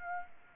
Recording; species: mosquito wingbeat signal from an infrared sensor; Aedes aegypti